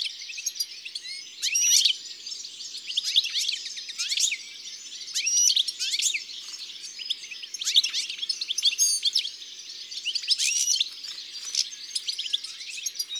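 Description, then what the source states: European goldfinch song, a fast tinkling twitter of high liquid notes and chirps in repeated bursts, pausing briefly between phrases. Recorded in February.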